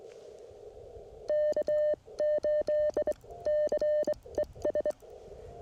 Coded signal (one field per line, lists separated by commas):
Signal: Morse code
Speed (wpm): 23 wpm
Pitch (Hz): 600 Hz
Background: none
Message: K8CES